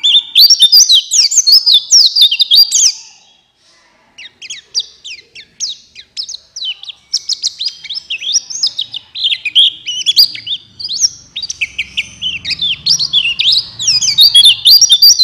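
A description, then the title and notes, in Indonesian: A white-eye sings a rapid, bright twittering song of quick chirps and trills, loud. It breaks off briefly after about three seconds, then resumes and runs almost nonstop to the end. A faint low rumble sits underneath near the end. Pancingan pleci. Suara burung.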